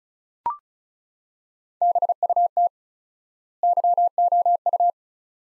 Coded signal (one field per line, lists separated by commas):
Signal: Morse code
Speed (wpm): 36 wpm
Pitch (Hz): 700 Hz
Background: none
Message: BUT YOU